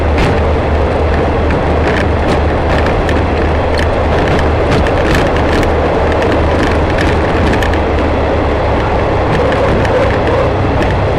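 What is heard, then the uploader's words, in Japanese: Steady dense rumble of the Yodo Line Shimanto Torokko train running along, with a low constant drone and frequent brief clicks and clatters throughout. 予土線しまんトロッコ2号 江川崎→土佐大正。また意外と風が冷たいです。前日まで大雨だったこともあり川の水は汚かったですが、空気はとてもきれいに感じました。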